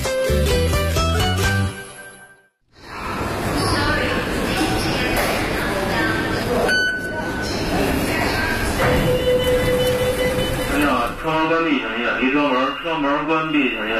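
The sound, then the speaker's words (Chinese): A short tonal door-closing chime rings out on a Beijing subway train at 6 a.m., then after a brief pause the steady rumble of the ride on the Yizhuang Line toward Jiugong Station takes over, with a voice speaking over the noise. “车门关闭， 清晨6点，我们从市区坐地铁出发，换乘亦庄线到达旧宫站”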